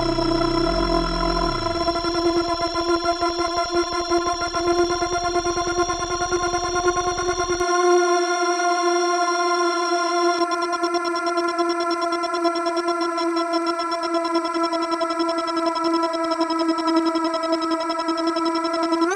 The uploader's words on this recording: Digital Insect Swarm. Raw files from sonic exploration in late march.